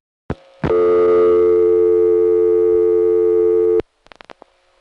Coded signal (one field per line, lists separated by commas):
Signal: telephone call progress tone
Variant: North America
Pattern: dial tone